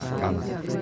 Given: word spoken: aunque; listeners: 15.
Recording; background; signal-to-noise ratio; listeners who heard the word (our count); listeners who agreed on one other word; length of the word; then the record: one Spanish word in noise, from a listening test; eight-talker babble; -3.6 dB; 0 of 15; 6 of 15; 0.42 s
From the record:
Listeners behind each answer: 6, 1, 1, 1, 1, 1, 1, 1, 1, 1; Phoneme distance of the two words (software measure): 34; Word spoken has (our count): 2 syllables, 5 phonemes, stress on syllable 1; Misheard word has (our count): 2 syllables, 4 phonemes, stress on syllable 1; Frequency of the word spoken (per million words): 757.45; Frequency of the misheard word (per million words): 100.47